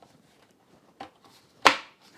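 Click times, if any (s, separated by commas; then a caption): 1.7 s. A plastic part is pressed into the charging dock of a TICWELL WHALE SW301 cordless vacuum and floor washer after a button is pushed in. A faint knock at 1.0 s is followed by a sharp, loud snap at 1.7 s as the part locks into place.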